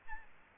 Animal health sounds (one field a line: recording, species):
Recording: mosquito wingbeat signal from an infrared sensor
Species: Aedes albopictus